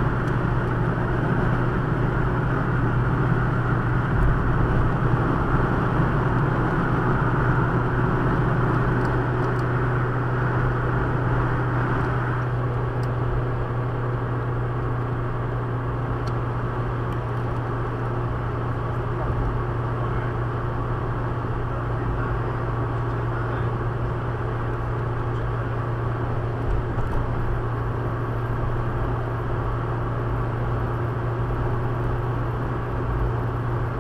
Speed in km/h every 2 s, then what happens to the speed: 114, 115, 116, 116, 118, 117, 118, 114, 113, 112, 112, 112, 111, 111, 112, 112, 113.
0-34 steady at about 113.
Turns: none.